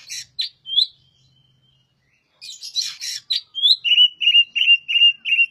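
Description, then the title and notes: Oriental magpie-robin song mixing scratchy notes and a quiet gap, then a series of about six clear repeated whistles at an even pace. Recording used as a tutor to train other birds; described as singing energetically. "Suara Burung Kacer masteran. burung kacer gacor hebat"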